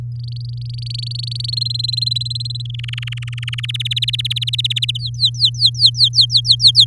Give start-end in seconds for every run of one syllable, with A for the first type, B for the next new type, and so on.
0.19-1.55 A, 1.57-2.62 B, 2.65-3.60 C, 3.63-4.98 D, 4.99-6.85 E